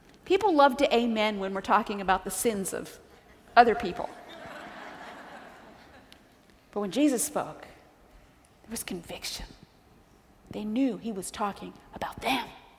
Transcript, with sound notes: People love to amen when we're talking about the sins of other people. [laughter] But when Jesus spoke, there was conviction. They knew He was talking about them.